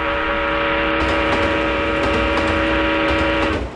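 A train pulls in, its steady, droning horn tone held over a constant rumble of wheels, with faint clattering accents, before cutting off abruptly near the end. No one speaks.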